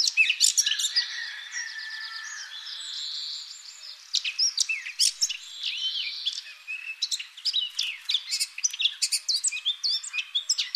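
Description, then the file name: Eurasian blackcap warbling, bursts of sharp high chirps and rapid twittering notes mixed with clearer whistled phrases, continuous and tumbling throughout. "Sylvia atricapilla"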